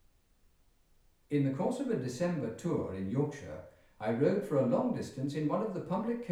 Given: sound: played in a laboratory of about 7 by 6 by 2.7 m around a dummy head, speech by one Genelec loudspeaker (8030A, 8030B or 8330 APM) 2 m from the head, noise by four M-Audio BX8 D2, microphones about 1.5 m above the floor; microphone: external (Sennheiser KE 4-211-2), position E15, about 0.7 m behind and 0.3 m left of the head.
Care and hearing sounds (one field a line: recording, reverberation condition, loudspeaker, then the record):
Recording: male speech in English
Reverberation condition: medium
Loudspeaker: in front (0 degrees)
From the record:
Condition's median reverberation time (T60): about 510 ms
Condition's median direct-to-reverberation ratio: about -0.5 dB